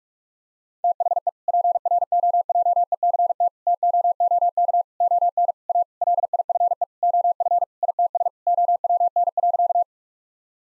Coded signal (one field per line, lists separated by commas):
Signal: Morse code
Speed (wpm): 46 wpm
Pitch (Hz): 700 Hz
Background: none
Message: THE PROJECT TOOK ON A LIFE OF ITS OWN.